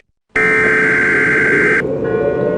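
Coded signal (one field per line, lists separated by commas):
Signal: Emergency Alert System (SAME) tones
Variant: header bursts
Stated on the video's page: Fictional EAS scenario.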